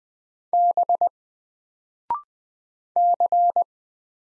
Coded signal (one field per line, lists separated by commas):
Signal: Morse code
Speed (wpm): 20 wpm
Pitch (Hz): 700 Hz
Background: none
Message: B C